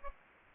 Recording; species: mosquito wingbeat signal from an infrared sensor; Aedes aegypti